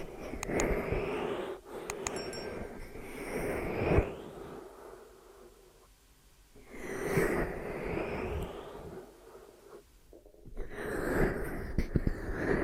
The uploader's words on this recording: ASMR Sleepy Glue Ear Massage and Cleaning (No Talking).